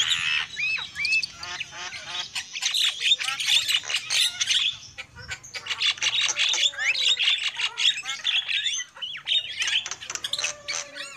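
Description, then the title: Lovebirds chatter in harsh, high squeaks and twitters. A short lull comes around five seconds, then the noisy calling resumes just as densely. Lure call used for trapping lovebirds. "PIKAT BURUNG LOVEBIRD"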